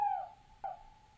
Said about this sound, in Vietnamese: Đây là cái tiếng cú nó rúc. Tiếng này là tiếng cú rúc, tức là cái tiếng cú gọi bầy.